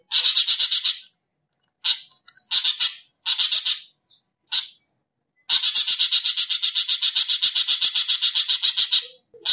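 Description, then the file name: Racket-tailed treepie giving harsh, rasping, rapidly repeated notes in short bursts, then a long unbroken run of many grating notes. "Burung Ekek Keling"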